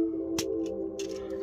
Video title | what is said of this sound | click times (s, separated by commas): TRANSFORMERS LEGACY WILDRIDER REVIEW | bring his knees up until they click rotate | 0.4 s